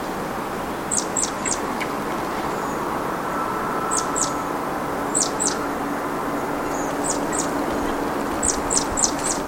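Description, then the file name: Great tit calling with quick clusters of two to four very high, thin notes, recurring every few seconds above a continuous noisy hum. "Parus major"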